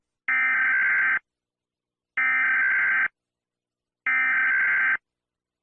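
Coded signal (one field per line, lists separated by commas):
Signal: Emergency Alert System (SAME) tones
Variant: header bursts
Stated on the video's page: Fictional scenario alert about a war invasion.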